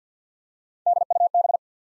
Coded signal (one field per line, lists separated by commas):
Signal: Morse code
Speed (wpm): 50 wpm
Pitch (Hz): 700 Hz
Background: none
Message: D U B